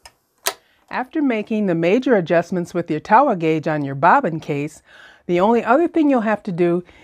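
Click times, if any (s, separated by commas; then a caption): 0.5 s. A metal bobbin case is inserted into the hook of a longarm quilting machine and seats with a sharp click at 0.5 s, after a faint tick at the very start. Someone then talks for the rest of the clip.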